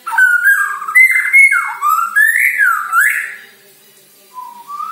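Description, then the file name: White-rumped shama song of smooth whistled phrases that rise and fall, fluty and sliding, ending in quieter short whistles. Borneo; lure recording used to make birds sing actively ('gacor'). "Sara Pancingan Murai Batu Borneo Agar Gacor Dor"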